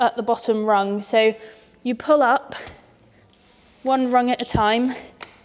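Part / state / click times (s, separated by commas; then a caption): telescopic ladder section lock catch on the ladder stile / seated / 5.2 s. A telescopic extendable ladder is opened from the bottom rung, pulled up one section at a time, while someone talks. The section's locking catch on the ladder stile clicks in at about 5.2 seconds, seating the rung so the lock covers the red indicator on either side.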